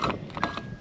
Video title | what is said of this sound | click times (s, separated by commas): Grand daughter takes home Acura | that there it goes it clicks and then you just push it shut and it's ready to go | 0.3 s, 0.4 s, 0.6 s